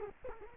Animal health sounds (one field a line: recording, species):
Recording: mosquito wingbeat signal from an infrared sensor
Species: Culex quinquefasciatus